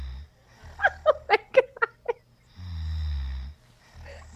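A single low, rumbling, buzzing snore lasting about a second is heard on an in-breath, after a run of short, choppy bursts like laughter. This is ordinary snoring in a sleeping adult woman.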